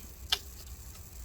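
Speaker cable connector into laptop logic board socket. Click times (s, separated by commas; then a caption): 0.3 s. A speaker ribbon cable connector is pressed onto its socket on the logic board of a 15-inch 2018 MacBook Pro A1990. One sharp, bright click sounds at 0.3 s over quiet background hiss, and the connector is confirmed seated.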